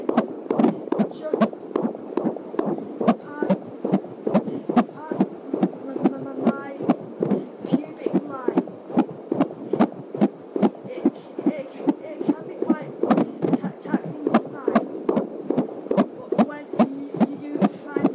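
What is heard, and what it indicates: Fast, regular whooshing fetal heartbeat of a baby girl at about 21 weeks of pregnancy, about 146 beats a minute, within the normal range of 120 to 150, heard with a home Doppler fetal heart monitor through an external speaker, found just past the pubic line.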